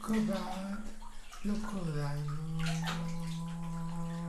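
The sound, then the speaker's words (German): Cold water gushes steadily from a hose onto a man sitting in a bathtub, a continuous rushing spray with a low, sustained tonal hum running through it and a brief dip partway through. “Ein Schlauch pumpt kaltes Wasser auf ihn.”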